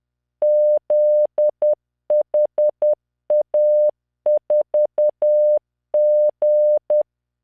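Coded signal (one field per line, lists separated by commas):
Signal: Morse code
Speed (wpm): 10 wpm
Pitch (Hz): 600 Hz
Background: none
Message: ZHA4G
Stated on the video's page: Software-generated Morse practice, random five-character groups at 10 WPM, 600 Hz tone, standard spacing.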